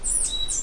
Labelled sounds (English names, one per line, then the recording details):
Stitchbird song
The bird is a male
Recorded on Tiritiri Matangi Island, New Zealand, in 2005
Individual 2, of nest box 2